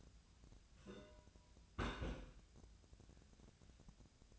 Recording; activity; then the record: daily activity, microphone in the room; place on stove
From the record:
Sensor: 2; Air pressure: 1009.8 hPa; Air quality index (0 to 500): 180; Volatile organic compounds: 10 ppm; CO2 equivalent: 2256 ppm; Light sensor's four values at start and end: 31/78/33/37 and 31/78/33/37